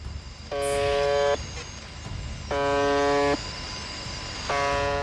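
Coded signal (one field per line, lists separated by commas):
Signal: channel marker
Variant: UVB-76 (The Buzzer)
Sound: harsh low buzz under a second long, repeating every two seconds, three times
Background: radio static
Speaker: 라디오에서 끊임없이 들려오는 의문의 버저이 소리는 1분의 약 2번씩 24시간 내내 송출됩니다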